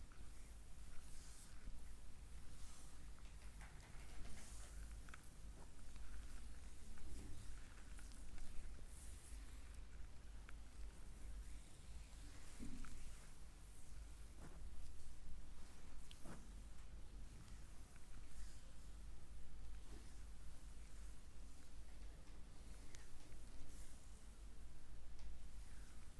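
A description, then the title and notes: A deep foot massage, with steady rubbing and soft rustling throughout, a constant low hum underneath, and occasional brief slaps or taps. ASMR relaxing deep foot massage.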